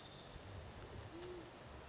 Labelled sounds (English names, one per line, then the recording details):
Band-tailed Pigeon
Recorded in Sonoma County, California